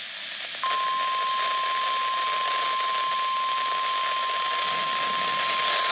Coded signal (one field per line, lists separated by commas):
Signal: Emergency Alert System (SAME) tones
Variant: 1050 Hz attention tone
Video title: NOAA Weather Radio EAS #271: Severe Thunderstorm Warning